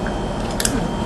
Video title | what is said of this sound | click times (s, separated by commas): Wax 1st Application | once you hear that two snaps it's on | 0.6 s, 0.7 s